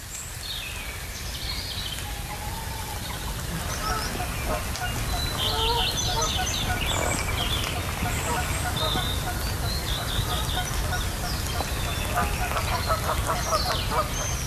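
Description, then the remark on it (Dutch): A flock of geese, waking in the morning on heathland pools just over the border, honks repeatedly in short, nasal calls over a steady low rumble, with other birds chirping faintly in the background throughout. “Ganzen worden wakker, ja. Ja, er slapen wel wat ganzen op de vennen.”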